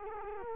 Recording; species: mosquito wingbeat signal from an infrared sensor; Culex quinquefasciatus